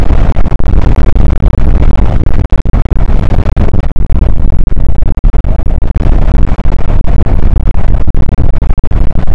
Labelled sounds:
wind
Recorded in the Prudhoe Bay oil fields, Alaska, on 8 May 2019 at 00:04
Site 24

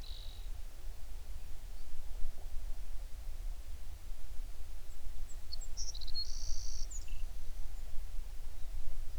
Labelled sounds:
songbird
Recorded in the Prudhoe Bay oil fields, Alaska, on 11 June 2019 at 04:48
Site 21

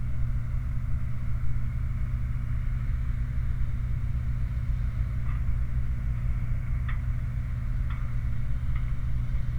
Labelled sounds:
machinery
flare stack
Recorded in the Prudhoe Bay oil fields, Alaska, on 29 July 2019 at 04:39
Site 29

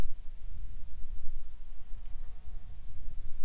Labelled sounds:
insects
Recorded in the Arctic National Wildlife Refuge, Alaska, on 7 July 2019 at 18:38
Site 41

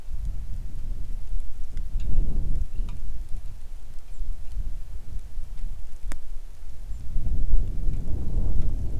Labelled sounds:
songbird
wind
rain
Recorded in the Arctic National Wildlife Refuge, Alaska, on 3 August 2019 at 09:59
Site 41

